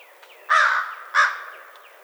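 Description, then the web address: American crow giving two harsh, broad caws about two-thirds of a second apart, with faint thin chirps in the background. Recorded 21 March 2007. "American Crow 2007 03 21"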